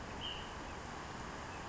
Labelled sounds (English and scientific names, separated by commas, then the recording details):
Ash-throated Flycatcher (Myiarchus cinerascens)
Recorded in Sonoma County, California